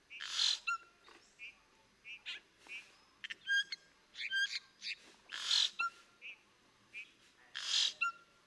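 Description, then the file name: Yellow-rumped cacique calls: harsh rasping bursts mixed with clear whistled notes in an irregular series. "Sonido Cacicus-cela"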